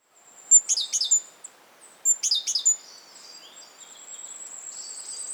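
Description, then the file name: Great tit giving two brief bursts of sharp, scratchy notes, followed by a thin, steady high tone. "Parus major"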